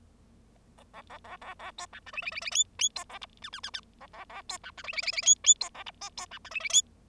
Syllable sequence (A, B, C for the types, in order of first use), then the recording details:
A A A A A A B C D E E E E F F B A G H H H H A A A B C D E E E E F F B A G I B C D E E F. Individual Bird0